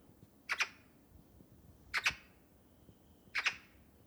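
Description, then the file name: Eurasian magpie calling with three harsh, doubled rasping chacks, spaced about one and a half seconds apart. "Pica pica"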